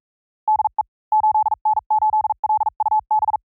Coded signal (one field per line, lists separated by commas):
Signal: Morse code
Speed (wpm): 44 wpm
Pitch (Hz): 860 Hz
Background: none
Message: DE 8N8LUB